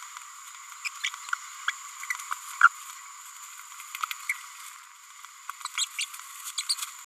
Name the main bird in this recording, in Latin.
Forpus passerinus